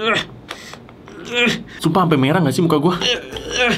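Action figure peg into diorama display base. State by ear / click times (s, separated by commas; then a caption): partly seated / 0.5 s. A man strains and groans while pushing the peg of a Hot Toys Spider-Man 3 black suit collectible action figure into a very tight hole on a plastic diorama base, with a sharp click at 0.5 s before someone talks. The peg is not fully seated because the hole is so tight, but it holds well enough that the figure does not fall when shaken.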